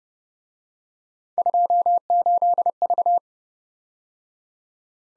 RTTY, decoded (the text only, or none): none